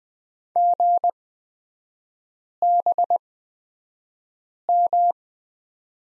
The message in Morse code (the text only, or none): GBM